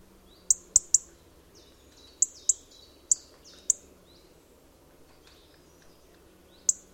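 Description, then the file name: European robin calls, short bright ticks in loose pairs and singles spread throughout, with soft chirps in the gaps. "Erithacus rubecula"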